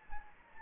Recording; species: mosquito wingbeat signal from an infrared sensor; Anopheles gambiae